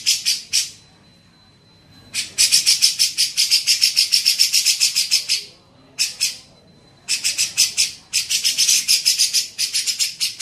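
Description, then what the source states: Grey-cheeked bulbul sings harsh fast chatters in two long bursts with short gaps; a thin steady tone runs between phrases. Masteran training song used to teach songbirds.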